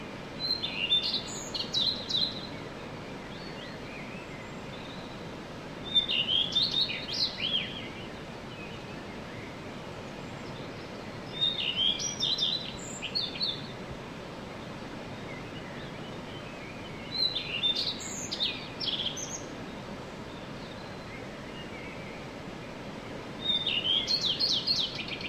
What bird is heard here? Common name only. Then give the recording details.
Common Redstart. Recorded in the wild. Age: adult. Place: Untertweng, AT. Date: 1968-04-14. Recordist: Brunner, Thomas